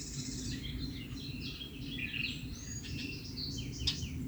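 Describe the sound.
Songbirds singing in a busy chorus, overlapping high chirps, twitters and short warbles throughout, over a steady low rumbling hum.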